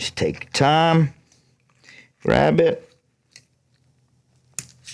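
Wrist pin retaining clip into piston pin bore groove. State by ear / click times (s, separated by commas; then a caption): seated / 4.6 s. Someone talks while pushing a metal wrist pin retaining clip (circlip) into the groove in the piston's pin bore during a Tillotson 225cc engine build. A sharp metallic click sounds at 4.6 s as the clip snaps into the groove and seats.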